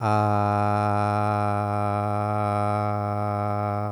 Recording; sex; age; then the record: sustained vowel /a/; male; 40 to 49 years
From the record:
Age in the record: 48 years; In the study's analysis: included